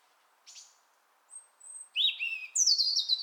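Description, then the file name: European robin singing a short burst: a few thin, high notes and a drawn-out whistle, then a bright, rapid tumbling phrase of trills and slurred whistles. "Erithacus rubecula"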